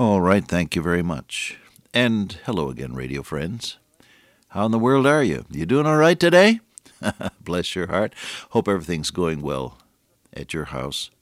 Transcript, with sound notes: Alright, thank you very much. And hello again, radio friends. How in the world are you? You doing alright today? [chuckle] Bless your heart, hope everything’s going well at your house.